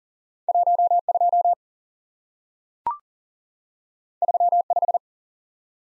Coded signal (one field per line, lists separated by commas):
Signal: Morse code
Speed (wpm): 41 wpm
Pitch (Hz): 700 Hz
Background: none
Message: 1 2 3 5